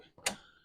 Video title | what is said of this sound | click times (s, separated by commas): iñstafire ember oven | click snap right in place | 0.3 s